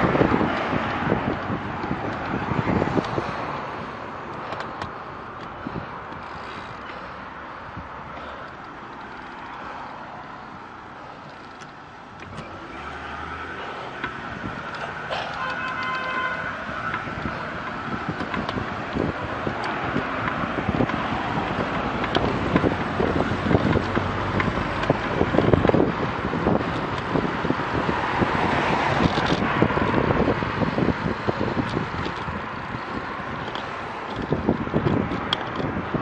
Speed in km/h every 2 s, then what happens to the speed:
12, 9, 3, 1, 0, 2, 7, 10, 11, 13, 16, 18, 17, 16, 12, 10, 15, 18.
0-6 slows to 1. 6-10 standing. 10-22 pulls away to 18. 22-30 slows to 10. 30-36 speeds up to 18.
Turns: 16-20, 30-36.